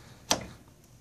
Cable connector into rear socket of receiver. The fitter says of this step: and that you'll feel it click in.